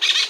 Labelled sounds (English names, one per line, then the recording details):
Brown-throated Parakeet contact call
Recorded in Margarita
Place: Mangroves NW of Las Tetas de Ma. Guevara
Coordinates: 10.962, -64.143